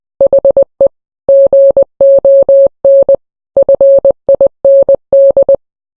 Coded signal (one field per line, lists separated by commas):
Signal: Morse code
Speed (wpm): 20 wpm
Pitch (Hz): 550 Hz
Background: none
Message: HE GON FIND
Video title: hit or miss but it’s in Morse code